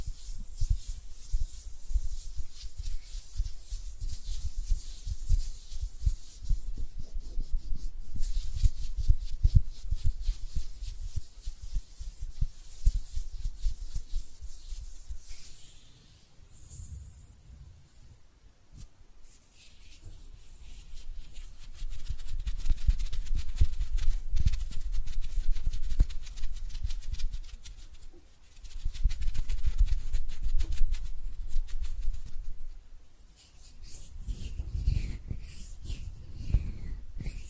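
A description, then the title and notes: Hands rub, brush and tap in dense, uneven bursts of scratchy friction, with quieter pauses near 16, 28 and 34 seconds. ASMR Relaxing Hand Sounds (No Talking).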